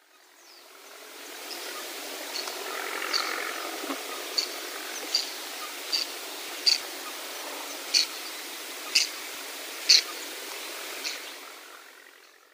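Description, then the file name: Whiskered tern calling with short, sharp, high notes repeated about once a second, over a faint, even background hiss. Recorded on Yonaguni on 30 September 2023. "kuroharaajisashi 230930 yonaguni yanagawa"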